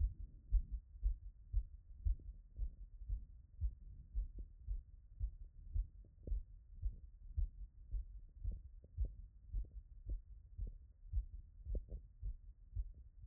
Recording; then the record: heart sounds by stethoscope after running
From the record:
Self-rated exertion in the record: moderate exertion (3 of 6); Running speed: 8 mph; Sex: female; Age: 28 years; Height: 155 cm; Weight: 44 kg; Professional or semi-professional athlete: no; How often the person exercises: 3 to 5 times a week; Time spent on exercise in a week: over 5 hours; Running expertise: yes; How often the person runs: 3 to 5 times a week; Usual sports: running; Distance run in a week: 45 km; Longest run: 32 km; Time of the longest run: 200 minutes